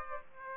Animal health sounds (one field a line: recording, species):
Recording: mosquito wingbeat signal from an infrared sensor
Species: Aedes aegypti